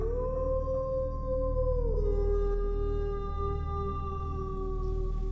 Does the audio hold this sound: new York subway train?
no